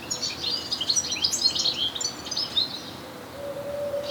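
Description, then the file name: European goldfinch calls: a fast, jangling chatter of high notes for about two and a half seconds, then quieter, with a low tone near the end. "Carduelis carduelis"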